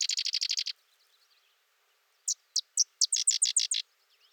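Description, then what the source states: Sedge wren song: a quick rattling trill, a pause, then a series of sharp chips speeding up into loud staccato notes. Singing close for over 3 minutes.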